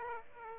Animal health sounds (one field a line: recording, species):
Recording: mosquito wingbeat signal from an infrared sensor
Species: Aedes aegypti